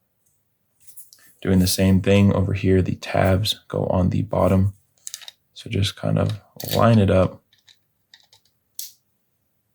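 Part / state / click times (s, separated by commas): metal cover piece onto car key fob housing / seated / 8.8 s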